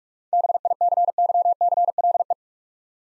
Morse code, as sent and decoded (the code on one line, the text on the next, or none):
-... .. -.-. -.-- -.-. .-.. .
BICYCLE